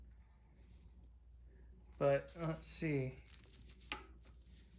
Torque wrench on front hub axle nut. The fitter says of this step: there we go that was it I got five I got a click